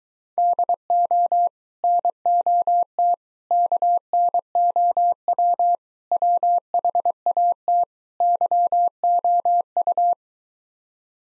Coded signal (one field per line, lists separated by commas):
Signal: Morse code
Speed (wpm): 22 wpm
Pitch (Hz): 700 Hz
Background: none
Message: DO NOT KNOW WHAT YOU